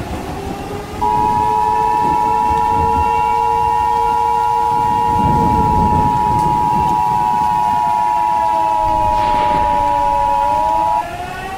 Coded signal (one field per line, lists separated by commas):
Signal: Emergency Alert System (SAME) tones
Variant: 853 and 960 Hz attention tone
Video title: KC Presents - EAS Scenario #7: Three Mile Island - An Alternate Finale